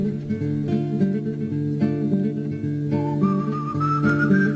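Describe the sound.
A famous whistled melody from a spaghetti western film soundtrack, by cinema's most famous whistler: a clear, pure whistled tune rises and sustains over a full, steady orchestral backing with low strings and bright upper tones.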